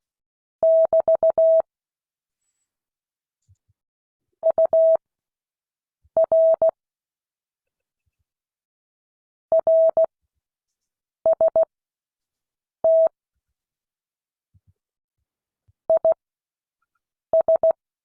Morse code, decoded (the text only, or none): <BT> UR RST IS